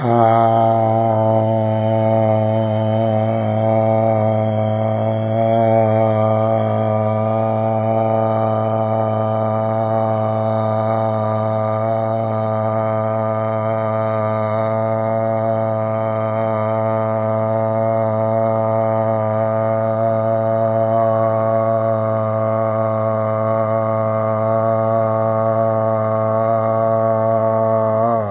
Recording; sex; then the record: sustained vowel /a/; male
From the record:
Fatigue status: no fatigue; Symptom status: symptomatic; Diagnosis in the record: COVID-19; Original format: 3gp